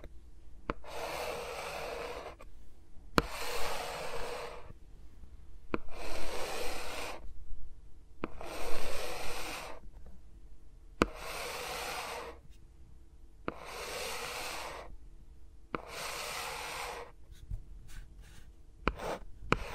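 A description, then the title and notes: Fingers rub over the microphones in slow, hissing strokes that swell and fade roughly every two and a half seconds, bright and airy with no talking. Sharp little clicks land between strokes, and a cluster of taps closes the clip over a faint low hum. ASMR with Mics Around My Fingers (No Talking).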